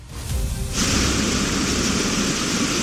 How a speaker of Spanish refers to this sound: Habrán visto la imagen, esta imagen o este sonido del agua corriendo por las calles del pueblo con la fuerza de un auténtico río urbano, agua brotando de las paredes, de los suelos, hasta de los enchufes de las casas